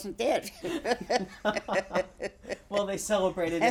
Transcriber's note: laughs